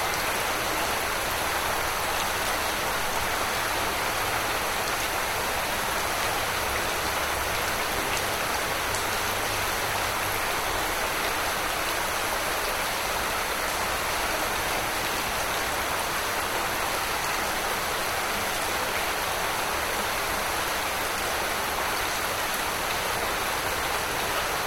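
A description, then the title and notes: Moderately heavy rain falls in a steady, dense hiss that holds level for the whole stretch, with no pauses or swells. The sound sits mostly in the bright upper range, a fine even wash of drops, with only a faint low rumble underneath. Rain Ambience. The sound of moderately heavy rain falling.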